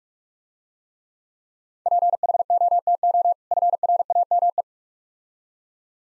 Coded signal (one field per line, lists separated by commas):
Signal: Morse code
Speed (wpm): 45 wpm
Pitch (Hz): 700 Hz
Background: none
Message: PHOTO FRAME